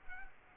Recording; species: mosquito wingbeat signal from an infrared sensor; Culex quinquefasciatus